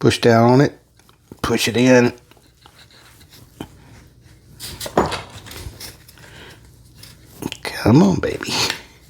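Someone talks while pushing down on the new drive shaft assembly of a Stihl KM 111R brush cutter, trying to get its small retaining piece into its hole in the shaft housing. Scattered handling knocks and taps are heard, the loudest near 5.0 s. Nothing has clicked or seated yet.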